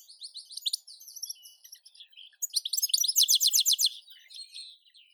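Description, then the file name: European goldfinch song: rapid tinkling twitters, then a fast, even run of bright repeated notes. "Golosa ptic - CSHegol Carduelis carduelis"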